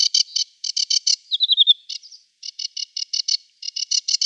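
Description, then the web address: Sedge warbler song of harsh chattering notes in quick groups, interrupted by a brief warbled trill and a short pause. "Schulze Peter Sedge Warbler song"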